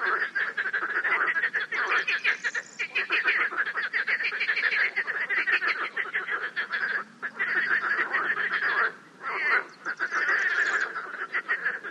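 Frogs calling in a dense chorus of harsh, pulsing croaks that overlap almost without pause, with brief dips in the din around seven and nine seconds.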